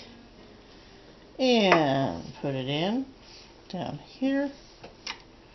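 Someone talks while handling the threaded metal bobbin case of a vintage Singer 15-91 sewing machine, bringing it toward the shuttle under the needle plate. Brief soft handling taps are heard near the end, around 4.8 s and 5.1 s. Nothing has seated or clicked yet; the case is not yet home in the shuttle when the clip ends.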